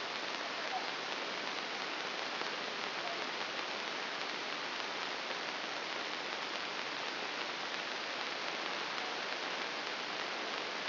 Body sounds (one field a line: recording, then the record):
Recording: brain microelectrode recording played as sound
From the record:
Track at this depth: inside the subthalamic nucleus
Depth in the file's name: 3.099 mm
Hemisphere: left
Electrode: 2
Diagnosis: Parkinson's disease